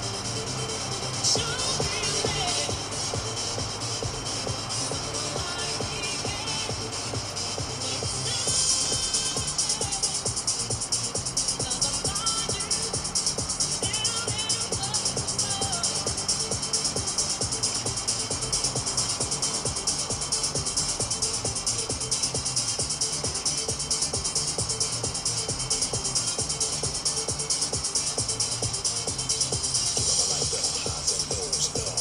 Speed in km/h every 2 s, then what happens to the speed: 120, 123, 118, 107, 104, 106, 110, 113, 109, 106, 95, 95, 96, 95, 93, 89.
3-7 brakes to 104. 7-15 speeds up to 113. 15-20 brakes to 95. 20-32 steady at about 95.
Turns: none.